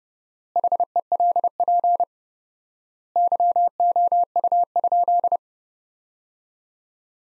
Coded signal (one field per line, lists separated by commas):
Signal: Morse code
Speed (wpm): 30 wpm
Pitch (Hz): 700 Hz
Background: none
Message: HELP YOU?